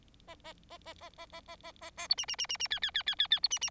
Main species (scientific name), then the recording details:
Lonchura striata domestica. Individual Bird4